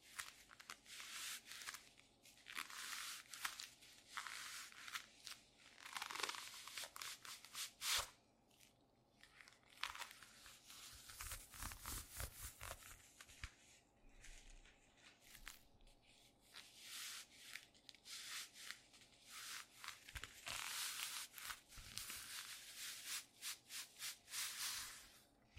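A leather glove is squeezed and worked for the whole stretch, giving dense bursts of bright crinkling, creaking and scraping. The bursts come in irregular clusters of a second or two, with brief near-silent gaps around 3, 9 and 15 seconds, over a faint low hum.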